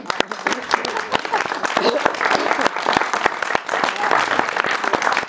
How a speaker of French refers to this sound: Vous méritez un applaudissement général, je trouve.